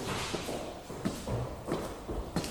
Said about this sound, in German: Dann rannte er gehetzt die Treppe hinunter.